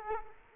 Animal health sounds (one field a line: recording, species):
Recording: mosquito wingbeat signal from an infrared sensor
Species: Culex quinquefasciatus